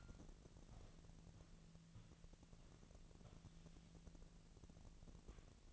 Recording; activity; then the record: daily activity, microphone in the room; walk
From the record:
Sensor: 4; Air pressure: 1013.0 hPa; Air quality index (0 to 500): 173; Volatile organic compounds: 2 ppm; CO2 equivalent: 1094 ppm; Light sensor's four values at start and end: 70/173/74/78 and 69/171/73/77